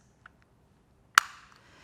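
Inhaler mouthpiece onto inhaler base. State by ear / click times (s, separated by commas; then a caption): seated / 1.2 s. A plastic inhaler mouthpiece is closed onto the inhaler base after the used capsule has been emptied. A few quiet handling taps at about 0.3 and 0.4 s are followed by one loud, sharp snap at 1.2 s, and the mouthpiece is seated shut.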